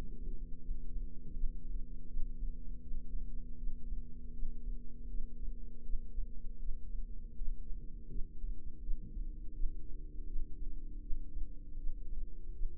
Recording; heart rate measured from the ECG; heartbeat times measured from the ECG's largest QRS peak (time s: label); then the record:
heart sounds by microphone in the left ear; 81 bpm
0.60 s: heartbeat
1.33 s: heartbeat
2.06 s: heartbeat
2.80 s: heartbeat
3.56 s: heartbeat
4.32 s: heartbeat
5.07 s: heartbeat
5.82 s: heartbeat
6.58 s: heartbeat
7.34 s: heartbeat
8.08 s: heartbeat
8.80 s: heartbeat
9.53 s: heartbeat
10.25 s: heartbeat
11.00 s: heartbeat
11.76 s: heartbeat
12.52 s: heartbeat
From the record:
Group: healthy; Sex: female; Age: 51 years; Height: 162 cm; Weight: 70.04 kg